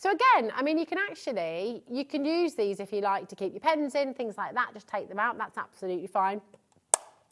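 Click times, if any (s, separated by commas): 6.9 s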